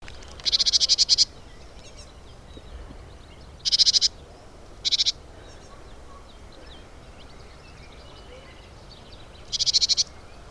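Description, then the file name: Great tit rasping churr calls, three bursts early on, then a silent gap before a final buzzy burst; soft steady background hiss throughout. "Parus major"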